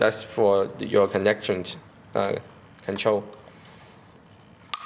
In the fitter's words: so close it you can hear the click sound